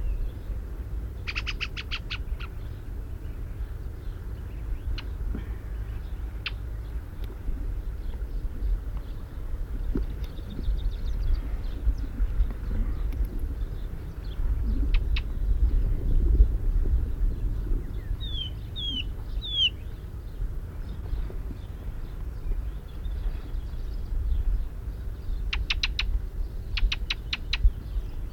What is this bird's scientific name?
Turdus torquatus